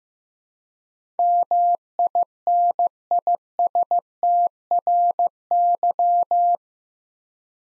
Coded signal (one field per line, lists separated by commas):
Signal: Morse code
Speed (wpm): 15 wpm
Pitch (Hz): 700 Hz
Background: none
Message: MINISTRY